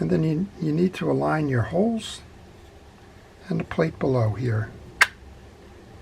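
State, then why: Seated. Someone talks while aligning the holes of a metal plate inside an Avet MXJ 5/8 lever-drag fishing reel during reassembly. A single sharp click at 5.0 s marks the plate dropping into the reel frame, and it is seated in place.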